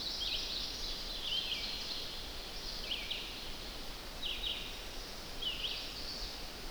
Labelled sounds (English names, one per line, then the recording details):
Red-eyed Vireo song
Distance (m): 80 m
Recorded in boreal forest in Alberta, Canada, on 10 June 2016 at 06:05
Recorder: SongMeter 3, array SBT-3-39
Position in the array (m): 205 m, 115 m